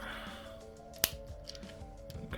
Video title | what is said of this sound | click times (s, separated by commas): Transformers Review: Collaborative Gigawatt | all right kind of snap in place there | 1.0 s